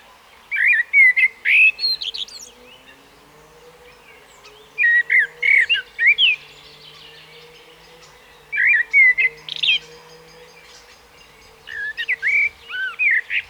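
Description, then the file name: Common blackbird song: four evenly spaced bursts of warbled whistles with high twittering tails, roughly every three to four seconds, over a faint steady low drone. "Turdus merula"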